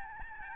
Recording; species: mosquito wingbeat signal from an infrared sensor; Aedes albopictus